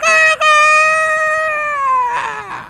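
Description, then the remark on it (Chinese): A human voice imitates a rooster crowing: a brief clipped start, then one long, loud, high-pitched strained note that sags slightly in pitch and ends in a raspy, breathy break. “大早上一进村， 嗯， 您看那公鸡一扯脖子。”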